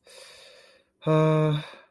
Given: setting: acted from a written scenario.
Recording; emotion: vocal sound without words; sympathy